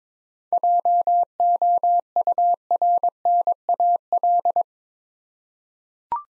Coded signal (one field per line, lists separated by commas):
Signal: Morse code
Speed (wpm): 22 wpm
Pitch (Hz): 700 Hz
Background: none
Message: JOURNAL